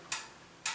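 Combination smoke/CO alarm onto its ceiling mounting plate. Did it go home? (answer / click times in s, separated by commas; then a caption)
yes / 0.1 s, 0.7 s. A Kidde combination carbon monoxide/smoke alarm is twisted onto its ceiling mounting plate until it locks. Two sharp, bright clicks sound at 0.1 s and 0.7 s as it snaps into place, without the ratcheting that other alarms make. The alarm is seated and tight on the plate.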